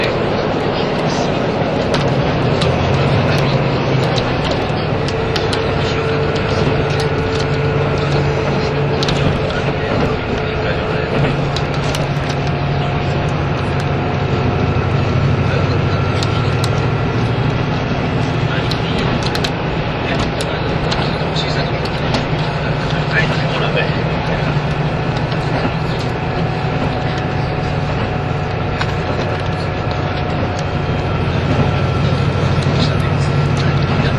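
A KiHa 85 series diesel train, the Hida No. 1, runs with a steady, dense low engine drone and rumble for the whole stretch. Humming tones hold and shift in pitch, with frequent sharp clicks and rattles and faint voices underneath.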